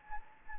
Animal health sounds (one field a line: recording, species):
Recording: mosquito wingbeat signal from an infrared sensor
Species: Anopheles gambiae